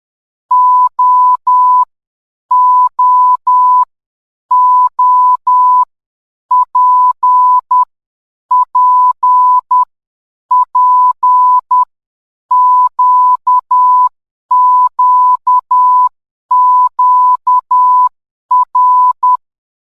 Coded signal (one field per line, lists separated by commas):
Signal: Morse code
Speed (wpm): 10 wpm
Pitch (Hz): 1000 Hz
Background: none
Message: O O O P P P Q Q Q R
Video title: Morse Code (Alphabet) - HTT